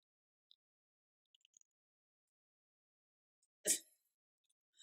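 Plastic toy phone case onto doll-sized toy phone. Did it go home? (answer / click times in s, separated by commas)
no / none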